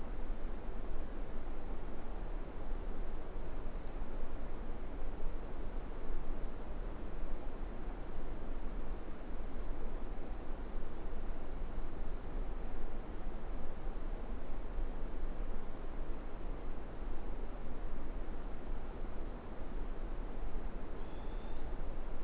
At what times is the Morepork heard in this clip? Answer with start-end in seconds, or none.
20.90-21.77